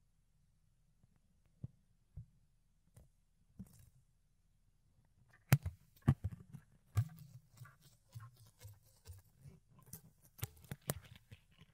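Fluffy ear cleaning with soft brushing and picking sounds. Quiet at first with a few isolated taps and scratches, then from about five seconds the rubbing grows denser, with frequent sharp clicks and crackles over a low muffled rumble.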